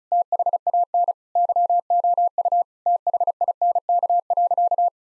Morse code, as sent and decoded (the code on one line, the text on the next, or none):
- .... .- -. / -.-- --- ..- / - .... .. -. -.- .-.-.-
THAN YOU THINK.